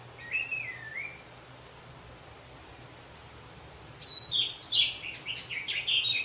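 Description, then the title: Orange-headed thrush song: an opening wavering whistle, a long pause, then a dense burst of high, jumbled twitters and chirps. "Anis Merah"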